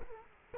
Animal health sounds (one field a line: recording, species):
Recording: mosquito wingbeat signal from an infrared sensor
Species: Culex quinquefasciatus